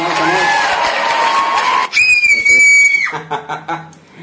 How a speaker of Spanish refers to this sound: Es el grito el que queríamos.